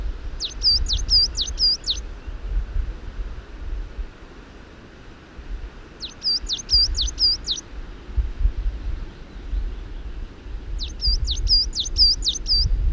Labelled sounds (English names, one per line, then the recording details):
Coal Tit song
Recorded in the wild
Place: Granitz, Insel Rügen, Mecklenburg-Vorpommern, DE
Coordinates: 54.385, 13.601
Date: 1971-05-30
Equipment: Nagra III BH, Sennheiser MD 21, parabola
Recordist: Schubert, Michael
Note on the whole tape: Gesang Tannenmeise vor dem Nest